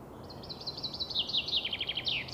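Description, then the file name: Common chaffinch song, a cascade of crisp chipping notes stepping downward and ending in an emphatic terminal flourish, with steady low background noise. "Fringilla coelebs"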